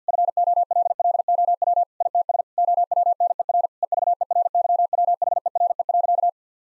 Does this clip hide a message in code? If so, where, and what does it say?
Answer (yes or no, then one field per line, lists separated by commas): yes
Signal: Morse code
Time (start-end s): 0.1-6.3 s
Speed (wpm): 50 wpm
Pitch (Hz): 700 Hz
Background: none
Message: FOLLOW ITS OWNER EVERYWHERE.